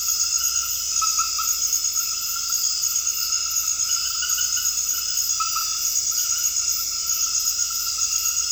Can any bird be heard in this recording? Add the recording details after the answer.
no. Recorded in dense forest near Puerto Asís, Putumayo, Colombia, on 18 February 2024 at 23:30. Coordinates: 0.485, -76.318. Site G6408